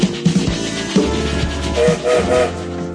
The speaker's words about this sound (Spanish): como todos los días, el tren se pone lentamente en movimiento. Escucharon, sonó el silbato y ya estamos en marcha.